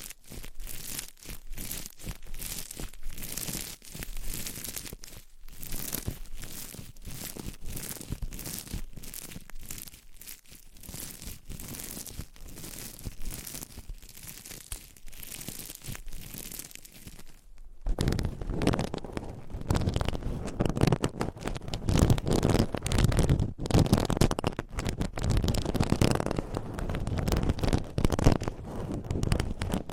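Scratching and tapping on a binaural mic, a dense run of quick crackly strokes and taps that fill the first eighteen seconds. Around eighteen seconds the sound turns heavier and fuller, with deeper rubbing and crumpling textures continuing steadily to the end.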